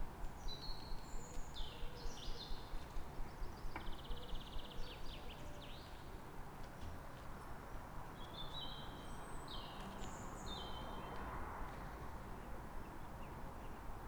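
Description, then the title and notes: Bird: several high twittering and whistled bird phrases, busiest in the opening seconds and again midway, with a steady rumble of traffic throughout. Calm morning on 3 May in Fresnes, Ile de France, with several birds and ring-road traffic in the background. "Matin calme avec oiseaux. Fresnes, Ile de France. Mathias Arrignon"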